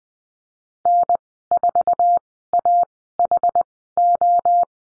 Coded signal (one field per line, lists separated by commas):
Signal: Morse code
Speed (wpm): 20 wpm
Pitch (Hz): 700 Hz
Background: none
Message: N4AHO